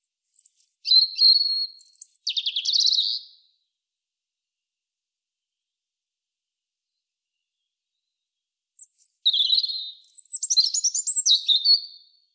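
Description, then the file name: European robin song: thin high drawn-out whistles leading into a rattling trill, a pause of about five seconds, then another varied phrase of warbling, squeaky notes. "Erithacus rubecula"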